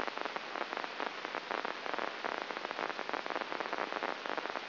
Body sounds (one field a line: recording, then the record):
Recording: brain microelectrode recording played as sound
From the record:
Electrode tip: inside the subthalamic nucleus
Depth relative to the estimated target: -1 mm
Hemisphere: right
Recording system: AlphaMap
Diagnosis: Parkinson's disease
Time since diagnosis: 19 years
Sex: male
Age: 59 years